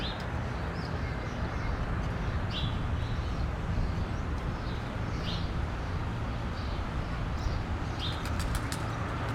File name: balcony alley winter snow blowing distant traffic birds